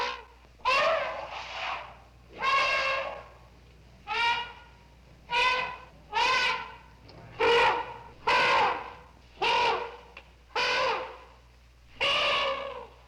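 Elephant trumpeting: many loud, rasping brassy blasts in a steady series, over a faint low hum.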